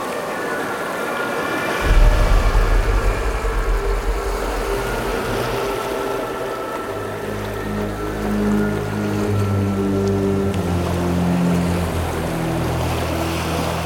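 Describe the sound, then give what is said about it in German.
Rough sea and wind of a storm at Whitby roar steadily as the deep, rumbling engine of an arriving ship swells in after a couple of seconds, its low droning tones growing thicker and layered over the crashing water. “Beispiel: Whitby, the storm, ship arrives.”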